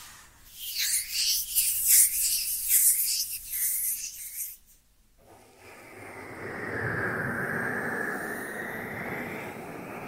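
Dry hands rub together in quick, hissing strokes for about four seconds, then after a brief pause a steadier, lower, duller rubbing continues.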